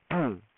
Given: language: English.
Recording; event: throat vibration sensor signal played as sound; throat clearing